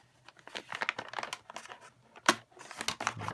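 A bag holder frame is pushed into the bag compartment of a 1990 Electrolux Super 614 vacuum cleaner and clicks into place at 2.3 seconds, seating properly. Before the click there is a run of crinkling and rustling handling sounds, and afterwards more handling as the sides are pressed to make sure the frame is in.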